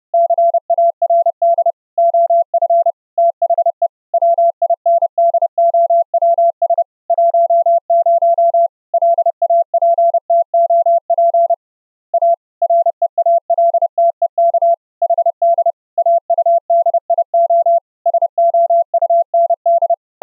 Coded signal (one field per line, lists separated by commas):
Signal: Morse code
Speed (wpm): 30 wpm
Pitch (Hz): 680 Hz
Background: none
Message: CARD OF THE WINDOWS 10 LAPTOP A REALTEK HD AUDIO SOUND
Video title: running the AD5DZ CW KEYER software in an UBUNTU GUEST on Windows 10 Hyper-V, with low latency audio